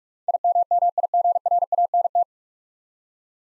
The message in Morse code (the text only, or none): IMMIGRANT